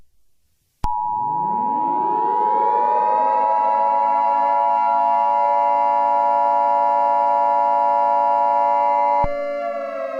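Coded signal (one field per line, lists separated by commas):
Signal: Emergency Alert System (SAME) tones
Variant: 853 and 960 Hz attention tone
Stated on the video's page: Fictional simulated nuclear war EAS scenario, not a real alert.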